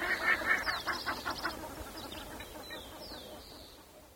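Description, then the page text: Black-faced Ibis with a brief burst of loud metallic honks that trail off, and sharp high chirps. Argentina. "Bandurria Austral"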